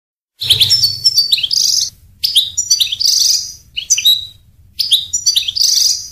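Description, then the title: European goldfinch singing bright, jingling twitters mixed with nasal buzzy notes, phrases about one to one and a half seconds long repeated after brief pauses. "Chant Chardonneret"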